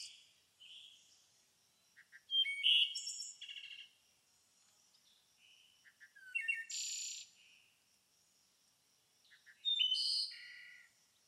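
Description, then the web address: Bird chirps and twitters in short high bursts, some notes sliding down, separated by quiet gaps, over a faint continuous high-pitched tone. Chirping birds in a nature ambience. "Blastwave ANIMALS Bird Ambience. bird chirping ambience nature loop"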